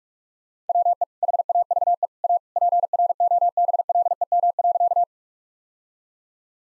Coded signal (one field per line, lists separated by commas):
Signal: Morse code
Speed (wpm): 46 wpm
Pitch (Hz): 700 Hz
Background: none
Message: WE HAVE A PROBLEM.